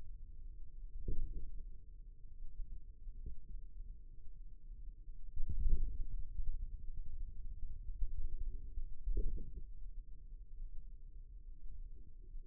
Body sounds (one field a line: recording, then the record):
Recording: forearm muscle sounds (acoustic myography)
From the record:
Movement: radial deviation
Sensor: system 2, bracelet of six BSWA MPA416 microphones around the upper forearm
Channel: 4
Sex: male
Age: 22 years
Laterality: right